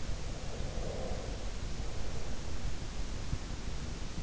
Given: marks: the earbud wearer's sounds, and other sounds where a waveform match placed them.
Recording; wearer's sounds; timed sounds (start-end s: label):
sounds in sleep by an in-ear microphone; breath
0.20-2.80 s: breath